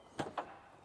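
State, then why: Seated. An EFI kit electrical connector on the engine wiring harness of an Audi 90 B2 Turbo is pushed together with its mating plug after the cable has been fed through. A short burst of handling noise comes at about 0.2 s, followed by a sharp click at 0.4 s as the connector seats.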